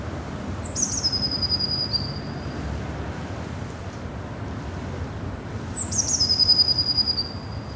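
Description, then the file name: Eurasian blue tit calls: two very high, thin drawn-out whistles, each starting slightly higher and settling to a steady tone, about five seconds apart, with low background rumble. "Cyanistes caeruleus"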